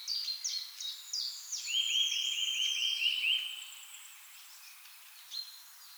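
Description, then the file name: Eurasian nuthatch calling: a few sharp, high downslurred notes, then a fast, even trill lasting nearly two seconds before fading. "Sitta europaea"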